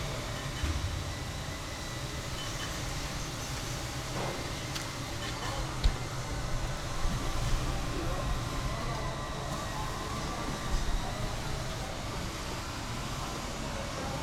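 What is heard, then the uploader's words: Busy city street noise at a gateway, a steady dense wash of traffic rumble with faint voices mixed in. Brief clicks and knocks rise out of the din around four to six seconds and again near eleven, while a low hum persists throughout. Soundscapes of gates of Tehran. Sound artist: Vedad Famourzadeh.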